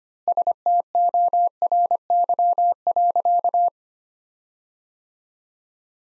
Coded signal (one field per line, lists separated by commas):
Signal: Morse code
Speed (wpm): 25 wpm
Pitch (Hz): 700 Hz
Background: none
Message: STORY.